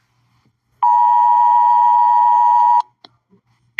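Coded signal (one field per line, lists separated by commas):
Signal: Emergency Alert System (SAME) tones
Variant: 853 and 960 Hz attention tone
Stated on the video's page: Simulated EAS scenario of a nuclear war.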